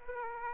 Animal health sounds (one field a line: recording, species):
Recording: mosquito wingbeat signal from an infrared sensor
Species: Aedes aegypti